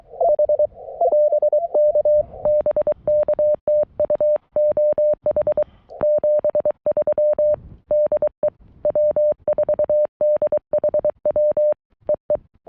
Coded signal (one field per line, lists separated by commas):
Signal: Morse code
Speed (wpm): 23 wpm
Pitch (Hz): 590 Hz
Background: none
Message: H BK BK TU OH 73 DE W4DHW EE